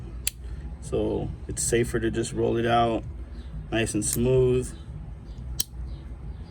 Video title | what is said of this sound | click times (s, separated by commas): SPYDERCO “Chaparral”(Birds Eye Maple) My Thoughts🤔 & Overview | positive click | 5.6 s